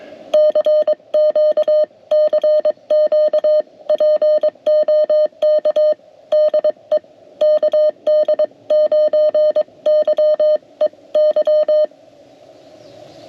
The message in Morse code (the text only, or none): CQ CQ POK DE KD9YEY